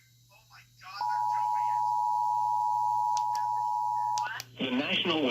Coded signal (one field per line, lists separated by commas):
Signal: Emergency Alert System (SAME) tones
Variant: 853 and 960 Hz attention tone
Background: speech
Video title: An SVR and a TOR-C (EAS, May 14, 2020)